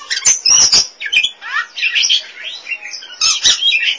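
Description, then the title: Oriental magpie-robin song with harsh clicks, rising slurred whistles and chattering phrases, delivered in rapid varied bursts. "Suara Kicauan Burung Kacer Durasi Panjang"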